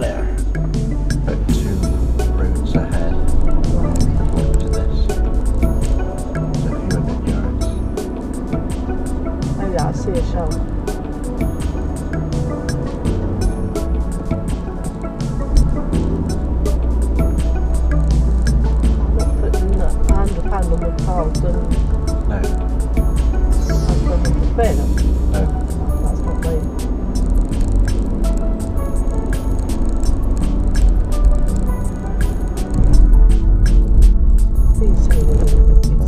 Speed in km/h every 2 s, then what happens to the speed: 8, 16, 18, 23, 24, 26, 27, 29, 31, 29, 29, 31, 32, 35, 37, 35, 34, 29.
0-16 speeds up to 31. 16-21 steady at about 29. 21-28 speeds up to 37. 28-36 slows to 29.